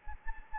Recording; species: mosquito wingbeat signal from an infrared sensor; Anopheles gambiae